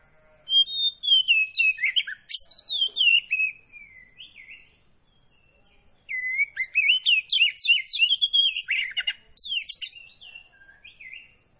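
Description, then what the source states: Magpie-robin song: long, varied phrases of slurred whistles, trills and chirps, with a brief pause before a second, denser outpouring. Kacer poci variety, singing vigorously (gacor).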